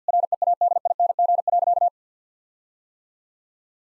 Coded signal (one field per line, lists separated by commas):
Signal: Morse code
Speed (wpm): 50 wpm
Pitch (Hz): 700 Hz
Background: none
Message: READING.